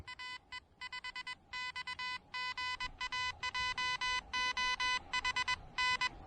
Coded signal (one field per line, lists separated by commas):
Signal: Morse code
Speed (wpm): 21 wpm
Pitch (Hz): 2000 Hz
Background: music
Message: AE5X GA JOHN